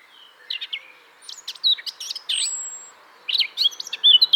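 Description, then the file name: Eurasian blackcap song, a scratchy broken warble of short chirps with a thin high whistle in the middle and brighter fluted notes near the end. "Sylvia atricapilla"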